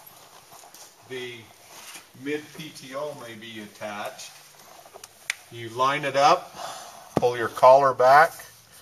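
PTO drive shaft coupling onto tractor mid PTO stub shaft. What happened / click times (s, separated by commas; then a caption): The shaft coupling is being lined up but has not yet clicked home / none. Someone talks while lining up a steel mid-PTO drive shaft coupling with a tractor's mid-PTO stub shaft, pulling the collar back to push it on. Brief sharp ticks are heard around 5.0 and 5.3 seconds between the speech. Nothing has seated or clicked yet.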